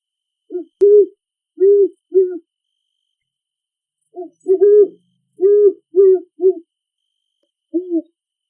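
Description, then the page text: Great horned owl hooting: a run of four deep, soft hoots, a pause of about two seconds, then several more hoots and a last single hoot. Call in a big forest. "Animal Sounds - Barren Ring of Fire - Gravatt Camp & Conference Center. Great Horned Owl"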